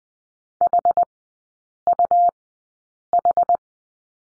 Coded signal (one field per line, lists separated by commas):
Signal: Morse code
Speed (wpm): 20 wpm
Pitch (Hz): 700 Hz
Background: none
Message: HUH